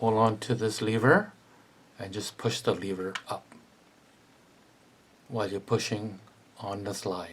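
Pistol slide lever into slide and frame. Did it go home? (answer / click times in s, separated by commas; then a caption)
no / none. Someone talks while handling the slide lever of a Stoeger Cougar 8000 pistol with compensator, pushing the lever up with a thumb while pushing on the slide to fit it into the slide and frame. A faint sharp transient is heard at about 3.5 seconds, but the lever has not clicked into place and nothing has seated yet.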